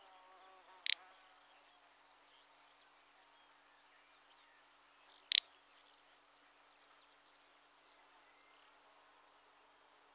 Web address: Outarde canepetiere